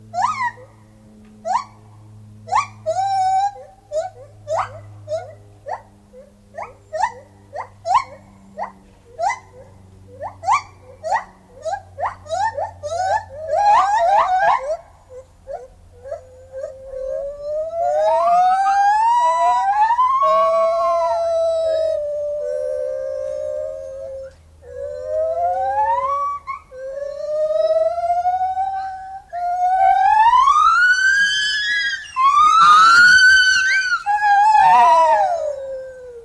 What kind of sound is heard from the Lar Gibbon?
song